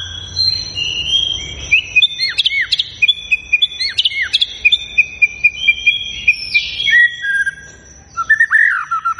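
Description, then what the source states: White-rumped shama singing a fast medley of clear whistles, sharp downslurred notes and short rattling phrases, with a faint constant high whine behind. Lure song of a white-rumped shama singing actively, said to draw an immediate response.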